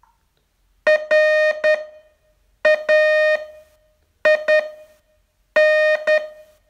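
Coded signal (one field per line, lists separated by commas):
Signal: Morse code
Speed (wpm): 10 wpm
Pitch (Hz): 620 Hz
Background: music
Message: RAIN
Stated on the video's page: Morse training test from a 42-day course, day 37.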